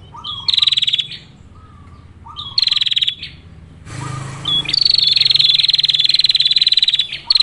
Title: Prenjak Betina || Masteran Betina Ngerol ngerol Memanggil Jantan Ampuh